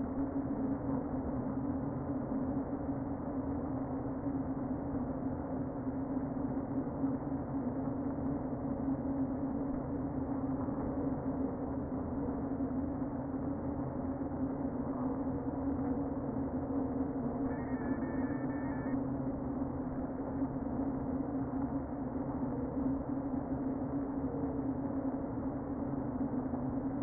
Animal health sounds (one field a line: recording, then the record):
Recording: honeybee colony, microphone inside the hive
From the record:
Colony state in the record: queen present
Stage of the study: before two queens were removed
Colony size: about 60,000 bees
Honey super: yes